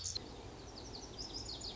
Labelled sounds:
Lazuli Bunting
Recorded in Sonoma County, California

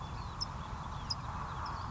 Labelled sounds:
California Towhee
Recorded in Sonoma County, California

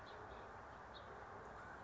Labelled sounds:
House Finch
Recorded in Sonoma County, California

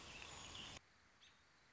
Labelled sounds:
American Robin
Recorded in Sonoma County, California

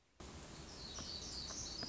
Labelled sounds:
Black-throated Gray Warbler
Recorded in Sonoma County, California

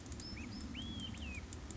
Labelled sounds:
Olive-sided Flycatcher
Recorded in Sonoma County, California

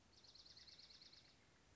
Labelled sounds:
Dark-eyed Junco
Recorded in Sonoma County, California

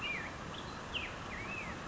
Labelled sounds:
Black-headed Grosbeak
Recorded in Sonoma County, California

